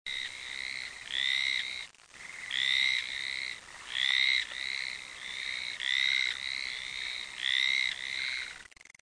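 Frog calling, many high, harmonic notes in a near-continuous series.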